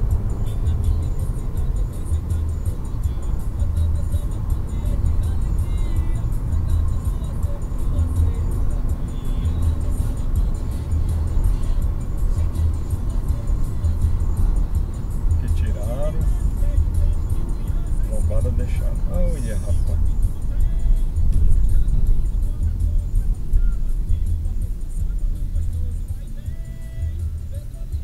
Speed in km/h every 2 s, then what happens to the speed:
99, 99, 100, 102, 106, 107, 102, 96, 88, 76, 61, 46, 30, 21.
0-9 speeds up to 107. 9-28 brakes to 21.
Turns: none.